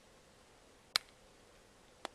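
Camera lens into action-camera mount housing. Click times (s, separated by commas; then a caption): 1.0 s. A camera lens is placed inside a printed action-camera mount housing and pushed firmly until it snaps into place, giving a sharp click at 1.0 s. A quieter tick follows at 2.1 s against a faint, steady background. The lens is seated.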